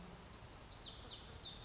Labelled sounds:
Lazuli Bunting
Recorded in Sonoma County, California

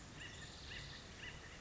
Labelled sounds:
Acorn Woodpecker
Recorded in Sonoma County, California

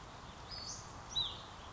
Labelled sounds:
Western Flycatcher
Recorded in Sonoma County, California

